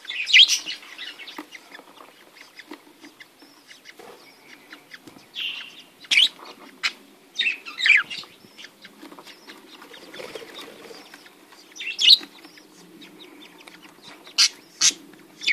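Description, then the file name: Budgerigars chattering, scratchy squawks and short warbled phrases with sharp clicks at uneven intervals, a faint hum beneath. "Canto do periquitos ingleses"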